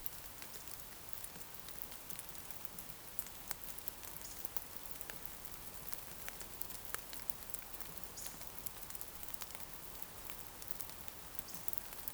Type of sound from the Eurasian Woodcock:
whistle